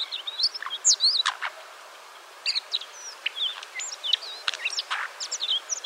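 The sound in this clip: Alpine accentor calls: quick, varied high chirps and short warbled notes in rapid bursts, pausing briefly midway before resuming with scattered tweets.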